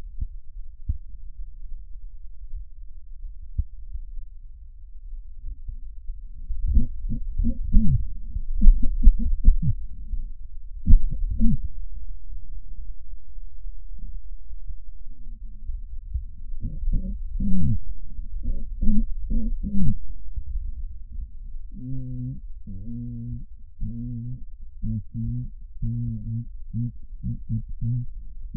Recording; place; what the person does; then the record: lung sounds by stethoscope; right posterior apical chest; quiet breathing, then cough and speech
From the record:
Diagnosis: pulmonary infection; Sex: male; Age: 86 years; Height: 165 cm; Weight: 65 kg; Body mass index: 23.9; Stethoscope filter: bell mode